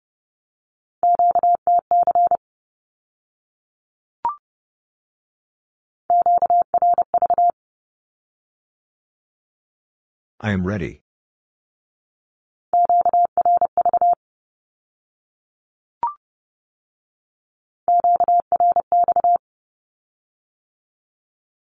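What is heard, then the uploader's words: A Q-code sent in Morse code. Four bursts of short and long beeps on one steady mid-pitched tone sound against silence. Between them come two brief single blips, and near the middle there is a short rough burst of noise. First, the Q-code is sent in Morse code as either a statement or a question. Then the meaning of it is spoken. Finally, it is sent again in Morse code. 30wpm.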